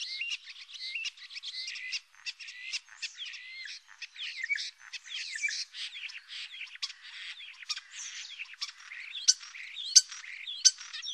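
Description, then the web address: Common starling chattering steadily with a rapid mix of whistled slurs, clicks and harsh squeaky notes, the pace barely pausing across the whole stretch. "Etourneau. sansonnet"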